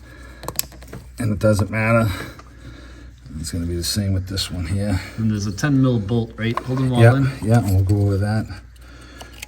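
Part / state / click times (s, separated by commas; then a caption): electrical connector onto ignition coil / seated / 9.4 s. An electrical connector is pushed onto an ignition coil during spark plug replacement on a 2013–2020 Nissan Pathfinder while someone talks, with a few sharp taps near the start. The connector snaps into place on the coil at 9.4 s, seating it.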